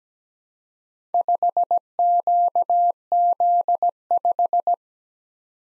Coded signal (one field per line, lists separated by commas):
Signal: Morse code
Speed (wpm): 17 wpm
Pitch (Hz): 700 Hz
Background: none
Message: 5QZ5